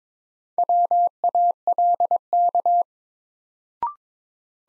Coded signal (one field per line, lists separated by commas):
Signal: Morse code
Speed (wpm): 21 wpm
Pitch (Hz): 700 Hz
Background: none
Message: WALK